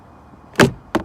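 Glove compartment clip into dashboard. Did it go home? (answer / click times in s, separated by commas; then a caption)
yes / 0.6 s, 0.9 s. A plastic glove compartment on a 2010 Toyota Corolla is pushed up so its upper retaining clip snaps into the dash. Two sharp clicks are heard at 0.6 and 0.95 seconds, and the clip is seated.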